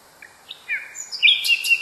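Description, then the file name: Common nightingale song, a short phrase of thin high whistles and slurred notes that rises into a louder, brighter burst toward the end. Song variation. "kicauan-nightingale-a-variasi 6-omkicau"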